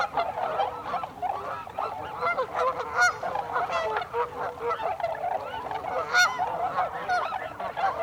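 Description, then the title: Tundra swans calling together, many hooting notes overlapping in a constant babble, with a few sharper higher calls standing out near the middle and end. Recorded 26 December 2020; several swans. "2020-12-26-Tundra-Swans"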